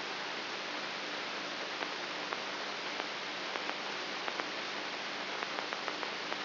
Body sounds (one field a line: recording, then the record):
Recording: brain microelectrode recording played as sound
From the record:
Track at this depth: inside the subthalamic nucleus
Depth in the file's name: 2.04 mm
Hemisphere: right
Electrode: 3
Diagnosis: Parkinson's disease